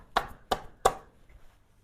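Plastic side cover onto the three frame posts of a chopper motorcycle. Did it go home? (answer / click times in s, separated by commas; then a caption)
yes / 0.2 s, 0.5 s, 0.9 s. The plastic side cover of a Venom Ghost Chopper 250 motorcycle is lined up and pressed onto its three frame mounting posts after the gas tank is refitted. Three sharp snaps ring out at 0.2, 0.5 and 0.9 seconds, each with a short bright tail, followed by a faint small tick near 1.3 seconds. The cover is seated on all three posts.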